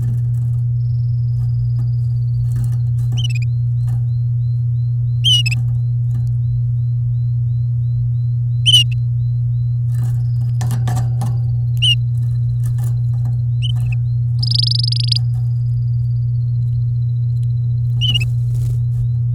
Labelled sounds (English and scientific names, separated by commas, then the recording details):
Domestic Canary (Serinus canaria) song
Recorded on 10 May 2018 at 10:17
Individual llb16